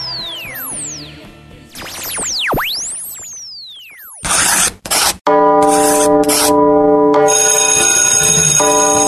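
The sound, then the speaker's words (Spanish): A loud school bell rings in a steady, buzzing peal after a few short noisy bursts, preceded by swooping electronic tones that rise and fall. No one speaks. “Ya tocó la campana.”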